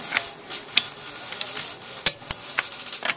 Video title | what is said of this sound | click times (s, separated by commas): Lug Nuts Pr 3 | You hear the click? That's 76. | 2.1 s, 2.3 s